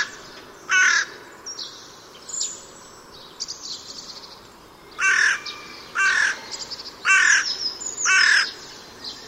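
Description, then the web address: Crow cawing: one early harsh call, a quiet stretch with faint sounds, then four strong rasping caws in steady succession. "Ptaki Wrona"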